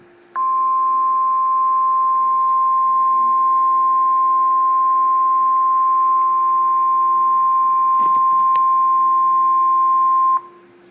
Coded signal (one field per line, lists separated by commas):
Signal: Emergency Alert System (SAME) tones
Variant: 1050 Hz attention tone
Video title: Flash Flood Warning on KEC55 (EAS #1124)